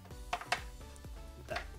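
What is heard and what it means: The plastic front cover of a waterproof phone case is pressed onto the case back to seal it, and it snaps shut, meaning it is locked. Two sharp snaps are heard at 0.3 s and 0.5 s over background music.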